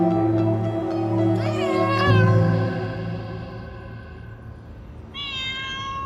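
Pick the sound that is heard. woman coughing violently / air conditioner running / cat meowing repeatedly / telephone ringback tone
cat meowing repeatedly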